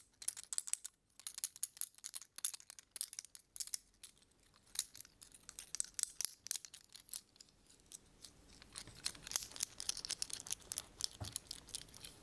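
Tapping and scratching on assorted objects, with dense clusters of sharp, bright clicks and crinkly scrapes throughout. Taps come quickly and irregularly, with a brief quiet gap near one second, then grow busier and more continuous after eight seconds. A duller thump lands around eleven seconds.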